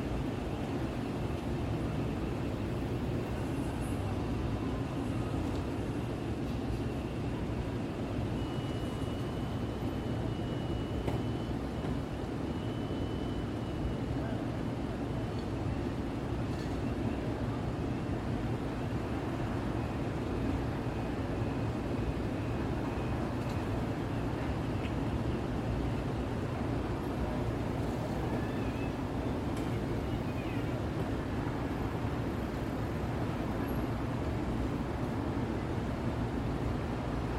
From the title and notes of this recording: Open Window New York City Soundscape at Night. Midtown Manhattan City Sounds. City soundscape of Midtown New York City in binaural audio. This is a view of 33rd street from my hotel room in the evening. The audio is not looped and recorded on location.